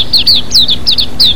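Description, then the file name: White-eye with bright, slurred falling chirps, some in quick pairs, over a background hiss and hum. White-eye with flowing water, bird therapy. "terapi air mengalir burung pleci"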